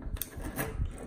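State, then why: Seated. Metal hose-clamp pliers are squeezed on a spring clamp for a radiator hose until the pliers' small locking piece catches and holds the clamp open. A short, sharp metallic click at 0.2 s marks the catch locking into place, with quieter clicks around it. The pliers are locked closed, holding the clamp open.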